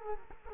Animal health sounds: mosquito wingbeat signal from an infrared sensor; Culex quinquefasciatus

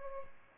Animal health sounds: mosquito wingbeat signal from an infrared sensor; Aedes albopictus

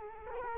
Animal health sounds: mosquito wingbeat signal from an infrared sensor; Culex quinquefasciatus

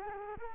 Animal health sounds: mosquito wingbeat signal from an infrared sensor; Culex quinquefasciatus

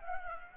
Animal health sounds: mosquito wingbeat signal from an infrared sensor; Culex pipiens

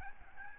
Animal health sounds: mosquito wingbeat signal from an infrared sensor; Aedes albopictus

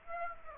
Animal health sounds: mosquito wingbeat signal from an infrared sensor; Aedes aegypti

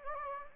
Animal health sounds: mosquito wingbeat signal from an infrared sensor; Anopheles gambiae

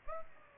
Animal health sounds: mosquito wingbeat signal from an infrared sensor; Aedes aegypti

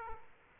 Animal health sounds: mosquito wingbeat signal from an infrared sensor; Aedes aegypti

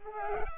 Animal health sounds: mosquito wingbeat signal from an infrared sensor; Culex pipiens

